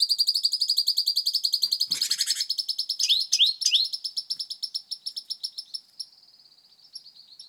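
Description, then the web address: Great tit calls: a fast run of short metallic notes, with a brief buzzy burst partway through and a few hooked notes after it. "SETE data Parus major"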